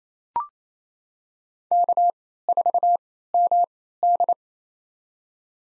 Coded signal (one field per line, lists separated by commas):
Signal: Morse code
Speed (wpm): 28 wpm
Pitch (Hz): 700 Hz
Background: none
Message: K4MD